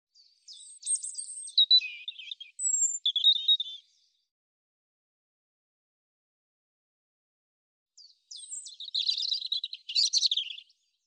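European robin singing two phrases of tumbling, twittering high notes mixed with thin whistles, about four seconds of silence between them.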